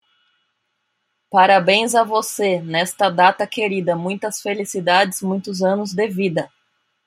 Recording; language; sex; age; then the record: short text; Brazilian Portuguese; female; 30 to 39 years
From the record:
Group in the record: control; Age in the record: 38 years